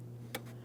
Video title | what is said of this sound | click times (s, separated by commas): How to Replace Headlight Low Beam Bulbs 2003-2008 Toyota Matrix | We'll press it in. Listen for an audible click. | 0.4 s